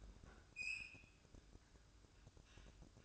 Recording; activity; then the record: daily activity, microphone in the room; open fridge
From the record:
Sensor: 2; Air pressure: 1007.6 hPa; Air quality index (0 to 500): 35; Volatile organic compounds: 1 ppm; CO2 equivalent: 528 ppm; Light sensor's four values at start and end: 10/23/10/10 and 10/23/10/10